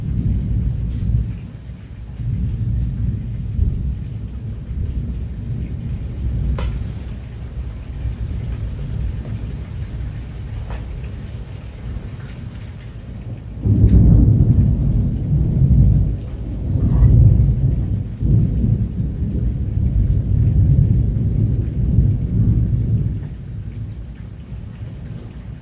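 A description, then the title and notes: A powerful thunderstorm rumbles steadily, a deep low roll that never lets up across the whole stretch. Around the middle it swells into a heavier thunderclap that lingers, with a few sharp crackles earlier and faint rain hiss behind. Powerful sound of KwaZulu-Natal thunderstorm.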